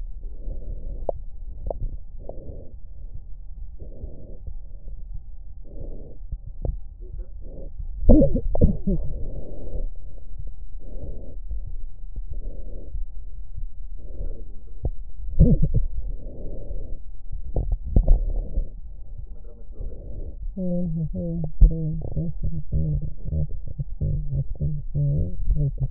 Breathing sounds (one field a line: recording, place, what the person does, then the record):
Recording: lung sounds by stethoscope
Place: left posterior basal chest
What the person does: quiet breathing, then cough and speech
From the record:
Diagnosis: interstitial lung disease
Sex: female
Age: 68 years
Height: 152 cm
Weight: 76 kg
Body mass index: 32.9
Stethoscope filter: extended mode